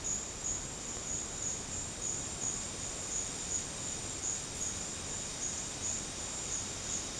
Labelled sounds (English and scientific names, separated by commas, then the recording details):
none
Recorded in secondary vegetation near Puerto Asís, Putumayo, Colombia, on 24 March 2025 at 14:00
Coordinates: 0.485, -76.322
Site G040